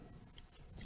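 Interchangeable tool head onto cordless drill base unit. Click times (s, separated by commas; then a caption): 0.4 s, 0.8 s. An interchangeable drill head attachment is pushed onto the cordless base unit of a BLACK+DECKER 20V Max Drill & Home Tool Kit (68 piece, LDX120PK). Two faint, short clicks sound at 0.4 s and 0.8 s over a low background rumble, and the head snaps in and is seated.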